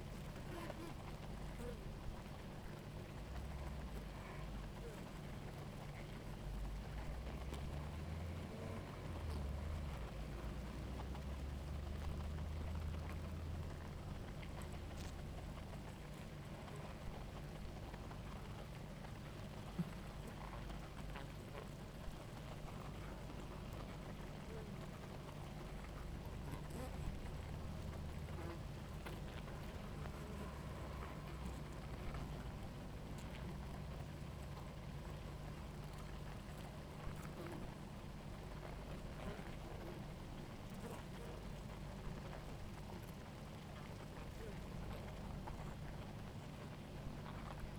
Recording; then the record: honeybee colony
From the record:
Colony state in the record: active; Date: 28 July 2017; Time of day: 17:50